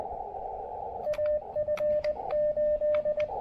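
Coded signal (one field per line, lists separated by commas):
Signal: Morse code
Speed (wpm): 20 wpm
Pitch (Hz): 600 Hz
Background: radio noise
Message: AF8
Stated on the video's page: Morse heard during an early-morning park activation in changeable weather.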